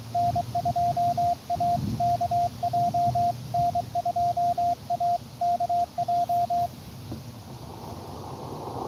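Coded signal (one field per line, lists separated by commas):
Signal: Morse code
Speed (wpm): 22 wpm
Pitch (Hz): 700 Hz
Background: radio noise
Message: N2AKJ N2AKJ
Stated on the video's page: Live Parks on the Air activation at Belmont Lake State Park on 14.056.5 MHz CW.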